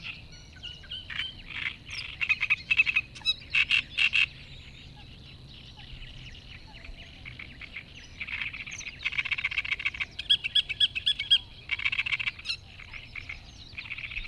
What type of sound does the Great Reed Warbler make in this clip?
song